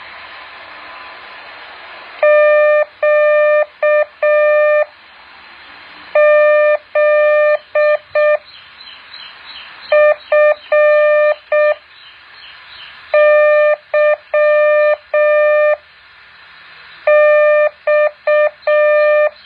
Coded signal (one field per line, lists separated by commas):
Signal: Morse code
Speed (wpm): 6 wpm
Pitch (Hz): 600 Hz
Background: none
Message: QZFYX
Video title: แบบฝึกหัด Morse code 7.1